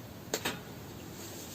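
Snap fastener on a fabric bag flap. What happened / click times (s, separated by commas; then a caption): The snap fastener clicked shut / 0.3 s. Someone closes the snap fastener on the flap of a filled fabric tote bag. A sharp click lands at 0.3 s, followed by a softer second hit at 0.5 s over quiet background hiss. The snap clicks shut and is seated.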